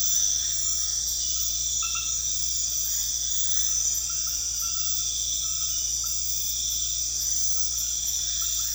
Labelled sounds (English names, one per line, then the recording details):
none
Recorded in pastures near Puerto Asís, Putumayo, Colombia, on 8 March 2025 at 23:00
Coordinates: 0.502, -76.324
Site GP07